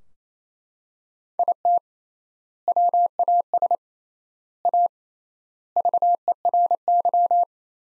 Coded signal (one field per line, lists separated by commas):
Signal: Morse code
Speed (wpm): 28 wpm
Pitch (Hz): 700 Hz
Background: none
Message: IT WAS A VERY